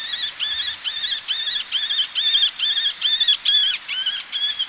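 Eleonora's falcon repeating a steady train of rasping, arched notes, a little over two per second, clear against a quiet background.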